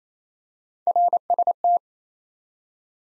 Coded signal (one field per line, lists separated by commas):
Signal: Morse code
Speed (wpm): 28 wpm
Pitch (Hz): 700 Hz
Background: none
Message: RST